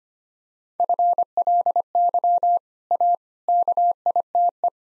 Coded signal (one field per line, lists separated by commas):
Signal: Morse code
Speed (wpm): 25 wpm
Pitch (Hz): 700 Hz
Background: none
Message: FLY A KITE